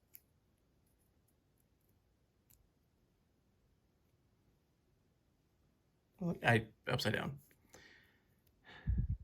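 A plastic kit part is handled near a small notch in a Blokees Transformers Classic Class Megatron and Optimus Prime figure assembly, having first been tried upside down. There are faint plastic ticks at about 0.2 s and 2.5 s, then someone talks from about 6.2 s, with a small tick at 7.7 s. Nothing has seated or clicked into the notch yet.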